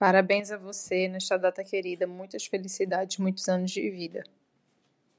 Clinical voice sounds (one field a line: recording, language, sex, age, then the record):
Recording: short text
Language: Brazilian Portuguese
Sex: female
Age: 30 to 39 years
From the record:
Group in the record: control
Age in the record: 31 years